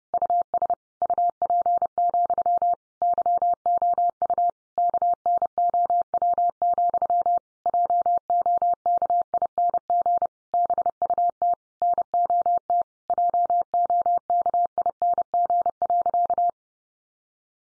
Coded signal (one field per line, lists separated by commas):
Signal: Morse code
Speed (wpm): 30 wpm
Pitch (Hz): 700 Hz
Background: none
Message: US UP, YOU KNOW, JOKING BUT NOT JOKING.